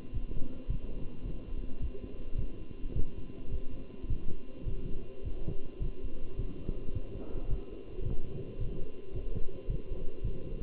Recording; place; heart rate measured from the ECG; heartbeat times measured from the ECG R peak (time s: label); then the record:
heart sounds by stethoscope; between the tricuspid and mitral areas; 107 bpm
0.14 s: heartbeat
0.70 s: heartbeat
1.26 s: heartbeat
1.82 s: heartbeat
2.39 s: heartbeat
2.96 s: heartbeat
3.52 s: heartbeat
4.10 s: heartbeat
4.68 s: heartbeat
5.25 s: heartbeat
5.82 s: heartbeat
6.39 s: heartbeat
6.95 s: heartbeat
7.50 s: heartbeat
8.05 s: heartbeat
8.60 s: heartbeat
9.15 s: heartbeat
9.70 s: heartbeat
10.24 s: heartbeat
From the record:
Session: walking at 3.7 km/h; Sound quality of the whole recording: good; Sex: male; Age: 27 years